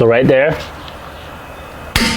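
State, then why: Torque reached. Someone talks briefly, then a click-type torque wrench tightening a rear wheel bearing hub bolt on an Acura MDX gives one sharp click at 2.0 s. The bolt is torqued to 72 ft-lb, confirmed.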